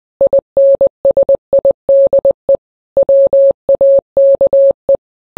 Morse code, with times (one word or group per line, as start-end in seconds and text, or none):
0.2-2.6 INSIDE
3.0-5.0 WAKE